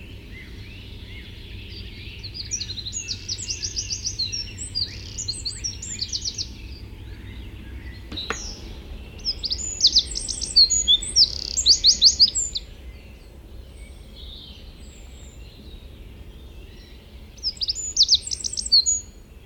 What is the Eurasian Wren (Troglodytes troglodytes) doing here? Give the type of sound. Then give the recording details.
song. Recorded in the wild. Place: Venz, Insel Rügen, Mecklenburg-Vorpommern, DE. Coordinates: 54.497, 13.302. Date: 1974-04-07. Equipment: Nagra III BH, Sennheiser MD 21, parabola. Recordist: Schubert, Michael